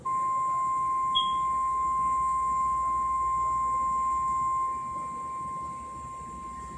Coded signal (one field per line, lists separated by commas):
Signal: Emergency Alert System (SAME) tones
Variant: 1050 Hz attention tone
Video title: Severe Thunderstorm Warning-KWO35 (New York City)/KIH28 (Philadelphia) (EAS #50) 8/18/17